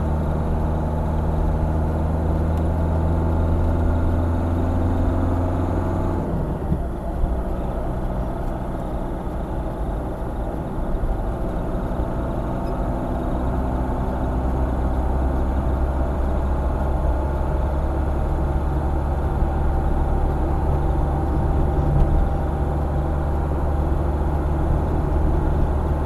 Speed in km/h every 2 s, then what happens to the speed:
57, 64, 62, 64, 62, 61, 62, 68, 70, 72, 72, 73, 74.
4-10 steady at about 62. 10-15 speeds up to 70. 15-26 steady at about 72.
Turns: none.